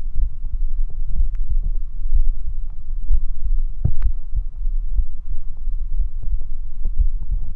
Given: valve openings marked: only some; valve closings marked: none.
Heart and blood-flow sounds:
heart sounds by stethoscope; 62 bpm
0.21 s: heartbeat (ECG mark)
0.29 s: aortic valve opens (echo mark)
1.19 s: heartbeat (ECG mark)
1.27 s: aortic valve opens (echo mark)
2.15 s: heartbeat (ECG mark)
2.23 s: aortic valve opens (echo mark)
3.13 s: heartbeat (ECG mark)
4.05 s: heartbeat (ECG mark)
4.14 s: aortic valve opens (echo mark)
4.98 s: heartbeat (ECG mark)
5.06 s: aortic valve opens (echo mark)
6.00 s: heartbeat (ECG mark)
6.08 s: aortic valve opens (echo mark)
7.00 s: heartbeat (ECG mark)
From the record:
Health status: healthy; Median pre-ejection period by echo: 79 ms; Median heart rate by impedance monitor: 62 bpm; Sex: male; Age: 29 years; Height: 170 cm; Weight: 92 kg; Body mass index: 31.83

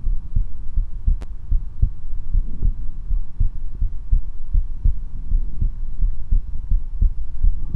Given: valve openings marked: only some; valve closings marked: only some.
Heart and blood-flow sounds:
heart sounds by stethoscope; 81 bpm
0.08 s: heartbeat (ECG mark)
0.79 s: heartbeat (ECG mark)
1.53 s: heartbeat (ECG mark)
1.57 s: aortic valve opens (echo mark)
1.85 s: aortic valve closes (echo mark)
2.36 s: heartbeat (ECG mark)
2.39 s: aortic valve opens (echo mark)
3.12 s: heartbeat (ECG mark)
3.83 s: heartbeat (ECG mark)
3.88 s: aortic valve opens (echo mark)
4.56 s: heartbeat (ECG mark)
4.60 s: aortic valve opens (echo mark)
4.88 s: aortic valve closes (echo mark)
5.33 s: heartbeat (ECG mark)
5.38 s: aortic valve opens (echo mark)
6.04 s: heartbeat (ECG mark)
6.73 s: heartbeat (ECG mark)
6.78 s: aortic valve opens (echo mark)
7.06 s: aortic valve closes (echo mark)
7.46 s: heartbeat (ECG mark)
7.51 s: aortic valve opens (echo mark)
From the record:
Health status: healthy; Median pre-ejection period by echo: 47 ms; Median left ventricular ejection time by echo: 284 ms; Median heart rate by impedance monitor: 79 bpm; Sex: male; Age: 19 years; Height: 171 cm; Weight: 62 kg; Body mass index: 21.20

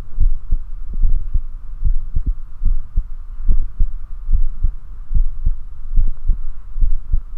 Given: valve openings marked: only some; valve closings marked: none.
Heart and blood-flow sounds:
heart sounds by stethoscope; 73 bpm
0.22 s: heartbeat (ECG mark)
1.05 s: heartbeat (ECG mark)
1.86 s: heartbeat (ECG mark)
2.67 s: heartbeat (ECG mark)
2.72 s: aortic valve opens (echo mark)
3.50 s: heartbeat (ECG mark)
4.35 s: heartbeat (ECG mark)
5.16 s: heartbeat (ECG mark)
5.99 s: heartbeat (ECG mark)
6.83 s: heartbeat (ECG mark)
6.88 s: aortic valve opens (echo mark)
From the record:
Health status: healthy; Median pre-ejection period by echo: 476 ms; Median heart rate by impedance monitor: 70 bpm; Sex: male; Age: 24 years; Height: 167 cm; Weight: 61 kg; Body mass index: 21.87

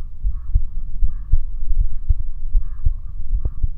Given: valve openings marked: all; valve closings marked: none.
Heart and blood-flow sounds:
heart sounds by stethoscope; 78 bpm
0.26 s: heartbeat (ECG mark)
0.31 s: aortic valve opens (echo mark)
1.03 s: heartbeat (ECG mark)
1.09 s: aortic valve opens (echo mark)
1.80 s: heartbeat (ECG mark)
1.85 s: aortic valve opens (echo mark)
2.56 s: heartbeat (ECG mark)
2.63 s: aortic valve opens (echo mark)
3.34 s: heartbeat (ECG mark)
3.40 s: aortic valve opens (echo mark)
From the record:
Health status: healthy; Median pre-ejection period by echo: 59 ms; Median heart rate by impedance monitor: 80 bpm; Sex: male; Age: 20 years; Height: 181 cm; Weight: 68 kg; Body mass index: 20.76

